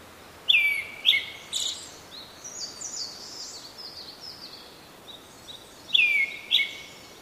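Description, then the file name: Brown-headed thrush song phrases: paired descending whistles, soft twittering high notes, then another pair of loud whistled notes near the end. "akahara"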